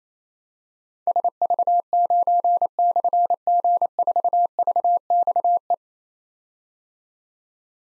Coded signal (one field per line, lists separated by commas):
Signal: Morse code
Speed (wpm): 27 wpm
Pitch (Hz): 700 Hz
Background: none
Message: SV9/G4VXE